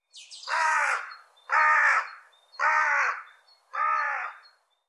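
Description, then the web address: Bird giving four harsh, nasal caws at a steady pace of about one per second, each slightly drooping at the end, against a quiet background. "cianscape birddata Deverinetal 2025"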